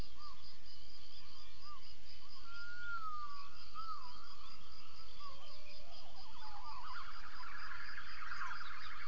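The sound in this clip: Gibbon calls: thin whistled notes sliding up and down, then a quickening run of rising notes that swells toward the end, over a steady high background hiss.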